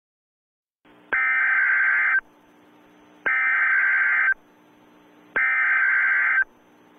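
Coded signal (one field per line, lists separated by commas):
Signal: Emergency Alert System (SAME) tones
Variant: header bursts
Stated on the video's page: Fictional EAS scenario in which an EAS test is interrupted by something unprecedented.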